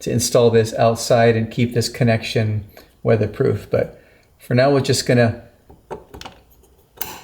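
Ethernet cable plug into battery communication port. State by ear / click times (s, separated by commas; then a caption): seated / 7.0 s. An Ethernet communication cable plug, which has a weatherproof connector, is pushed into the communication port of a 16kW home backup Powerwall battery while someone talks. A few faint taps follow around 5.7–6.3 seconds, then the plug seats with a sharp click at 7.0 seconds.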